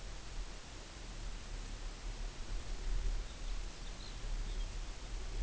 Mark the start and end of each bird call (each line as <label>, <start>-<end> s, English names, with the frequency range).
Lapland Longspur (2.7-5.8 kHz), 3.17-5.17 s